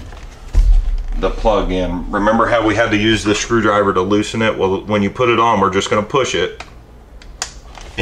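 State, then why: Seated. A wire plug is pushed by hand, without the screwdriver that was needed to loosen it, into its circuit board socket on a Shark Pro Rocket Self Cleaning Cordless Vacuum Cleaner while someone talks. After the talking fades, a sharp, loud click sounds at 7.4 s as the plug seats onto the board.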